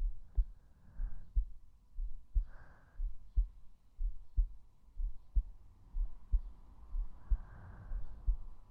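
A woman's normal adult heartbeat, heard through a microphone held on the chest over the heart.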